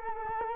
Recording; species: mosquito wingbeat signal from an infrared sensor; Culex quinquefasciatus